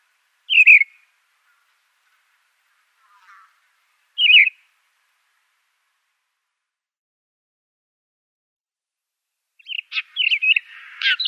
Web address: Schulze Peter Blackstart song